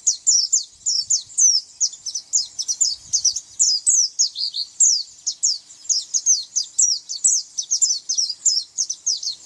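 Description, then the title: White-eye song, a lively, unbroken chatter of very high, quick slurred notes repeated throughout. "Pleci"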